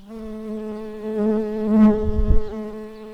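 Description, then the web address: Early bumblebee buzzing, a steady low droning hum with many even overtones, briefly louder and rougher near the middle, with some low rumbling in the second half. Workers. "Pratorum workers"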